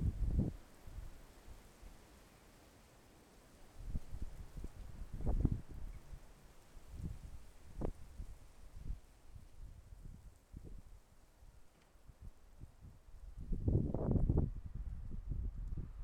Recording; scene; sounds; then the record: everyday scene through a hearing-aid microphone; wind on the microphone; wind, traffic, birds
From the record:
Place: suburban garden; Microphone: behind the ear, left, front